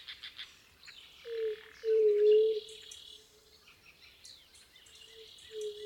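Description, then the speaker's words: White-tipped Dove giving low, resonant coos: a brief note, then a longer sustained one, followed by softer repeats. Low, resonant coos; lower Rio Grande Valley, Texas; the species ranges from South America northward to the valley. "Oh my, the low and resonant coos of white-tipped doves."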